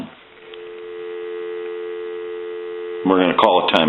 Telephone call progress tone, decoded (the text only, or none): dial tone